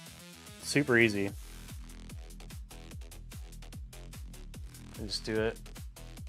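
A TPU printed piece is handled against a drone frame as someone talks over electronic music with a steady beat. Nothing has seated or clicked yet; the clip ends just before the piece goes home.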